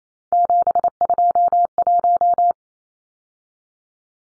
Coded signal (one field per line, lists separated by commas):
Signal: Morse code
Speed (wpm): 28 wpm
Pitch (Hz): 700 Hz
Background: none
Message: 721